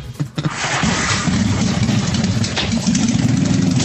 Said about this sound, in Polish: Motorem to uważaj, bo... Jawa! Chciałem przejeżdżać motorem? Jawa, tak.